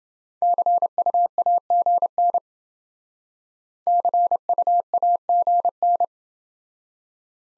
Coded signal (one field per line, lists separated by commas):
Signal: Morse code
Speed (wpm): 28 wpm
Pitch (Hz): 700 Hz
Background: none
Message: CUAGN CUAGN